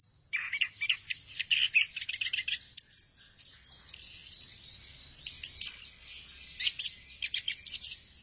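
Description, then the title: Thrush song, a dense, fast run of high chirps, trills and short whistles, nearly unbroken for the whole stretch with only brief pauses. "burung anis x"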